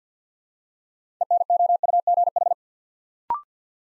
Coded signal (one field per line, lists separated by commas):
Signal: Morse code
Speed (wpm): 49 wpm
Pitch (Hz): 700 Hz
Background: none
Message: ENOUGH